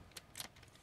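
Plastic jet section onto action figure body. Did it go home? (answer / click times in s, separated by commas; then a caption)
yes / 0.2 s, 0.4 s. The plastic front jet section of a Bai Wei Jetfire KO Studio Series action figure is popped onto the figure's body, where it splits for combined mode. Two crisp plastic clicks land at 0.2 s and 0.4 s, followed by faint handling ticks. The section clicks on and is seated.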